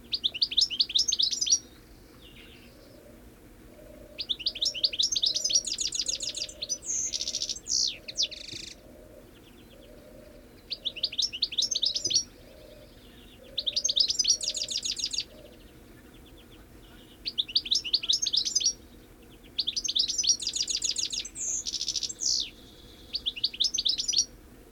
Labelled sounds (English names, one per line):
European Goldfinch call